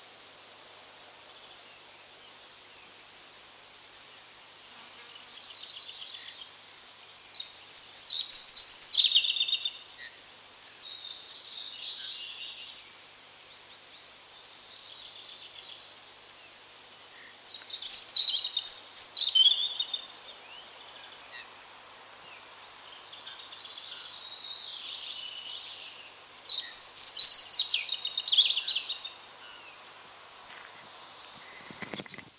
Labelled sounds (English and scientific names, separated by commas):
European Robin (Erithacus rubecula) song